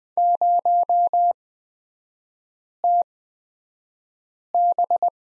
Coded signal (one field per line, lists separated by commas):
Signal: Morse code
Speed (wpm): 20 wpm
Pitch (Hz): 700 Hz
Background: none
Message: 0TB